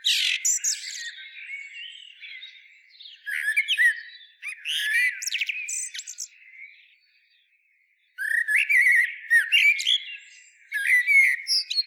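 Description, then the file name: Common blackbird song with repeated fluty phrases, each trailing into high, squeaky twitters, a silent pause at about seven seconds, then more phrases. "Turdus merula"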